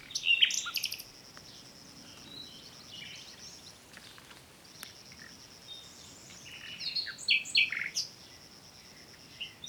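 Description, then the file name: Common nightingale song, quieter and partly masked by background noise, with sharp notes at the start and a burst of chirps near the end. "Luscinia megarhynchos"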